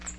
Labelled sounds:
Cape May Warbler flight call

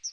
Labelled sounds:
Chestnut-sided Warbler flight call

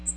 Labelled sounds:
Magnolia Warbler flight call

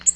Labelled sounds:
Nashville Warbler flight call

